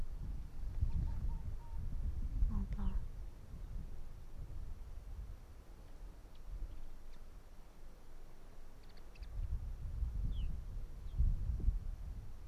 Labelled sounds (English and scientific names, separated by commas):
Arctic Fox (Vulpes lagopus)